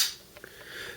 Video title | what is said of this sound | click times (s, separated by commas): Ontario RAT 1 Knife Review | but uh you heard it snap out fairly well um really like the way it it snaps out | 0.4 s